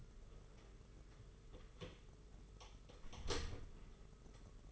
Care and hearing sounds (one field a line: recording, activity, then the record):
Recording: daily activity, microphone in the room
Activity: close door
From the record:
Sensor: 4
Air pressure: 992.4 hPa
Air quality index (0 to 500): 114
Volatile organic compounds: 22 ppm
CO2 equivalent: 2744 ppm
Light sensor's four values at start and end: 21/71/26/27 and 21/74/27/28